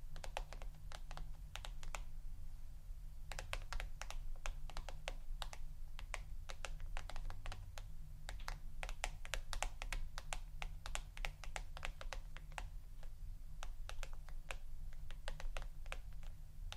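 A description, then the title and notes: Tapping, heard as a run of quick, sharp clicks much like keys on a keyboard, arriving in irregular bursts with a brief pause near the three-second mark. Beneath the taps sits a steady low hum that holds throughout. ASMR Intoxicating Tapping New Triggers（No Talking）.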